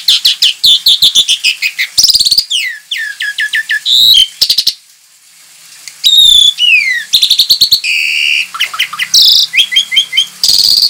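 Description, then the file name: Javan pied starling song, a dense varied medley of sharp whistles, descending slurred notes and rapid clicking chatter, broken by a short pause midway then resuming with repeated bright notes. Lure call recording (pancingan). "suara pancingan jalak suren"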